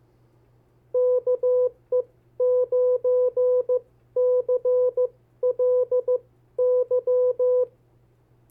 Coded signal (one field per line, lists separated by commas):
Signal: Morse code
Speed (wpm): 15 wpm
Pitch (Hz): 500 Hz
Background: none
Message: KE9CLY